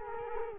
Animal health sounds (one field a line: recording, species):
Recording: mosquito wingbeat signal from an infrared sensor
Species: Culex quinquefasciatus